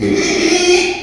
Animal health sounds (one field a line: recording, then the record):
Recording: squeal of a Yucatan mini pig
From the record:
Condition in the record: after surgery on the right vocal fold (resection and tissue-engineered implant)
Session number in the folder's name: 2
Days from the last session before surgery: 13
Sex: male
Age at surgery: 12 weeks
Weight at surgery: 13 kg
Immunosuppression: cyclosporine, prednisolone